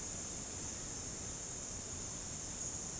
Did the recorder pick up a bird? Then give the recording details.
no. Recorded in dense forest near Puerto Asís, Putumayo, Colombia, on 9 March 2025 at 08:00. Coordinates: 0.486, -76.317. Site G053